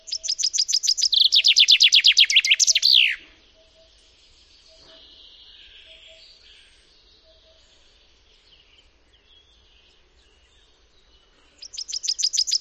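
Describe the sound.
Common chaffinch song: a run of repeated high notes leading into descending slurred strokes ending in a flourish near three seconds, then quiet, with another phrase starting at the end.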